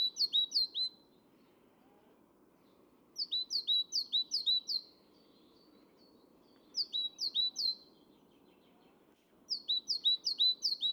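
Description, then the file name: Great tit song: bright two-note phrases repeated quickly in bursts of several, separated by pauses of roughly two seconds, over low background noise. "Parus major"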